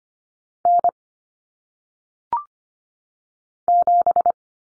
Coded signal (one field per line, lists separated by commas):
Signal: Morse code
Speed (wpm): 25 wpm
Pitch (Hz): 700 Hz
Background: none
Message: N 7